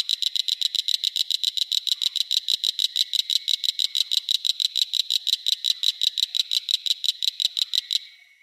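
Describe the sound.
Northern cricket frog calling in a long, steady, rapid series of sharp, high clicks, continuing for about eight seconds before stopping.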